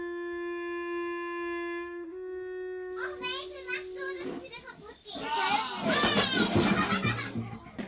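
Children shout and shriek in high, overlapping bursts that grow louder and more chaotic, following a few seconds of a steady sustained tone that shifts pitch once before the yelling breaks out.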